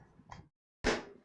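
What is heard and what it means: Two sharp clicks at 0.3 s and 0.9 s, the second louder with a brief ringing tail, as the plastic bottom cover of a FIREBAT AS1 ultrabook laptop is pressed along its edges so its clips engage the chassis. The cover is clipped on and seated.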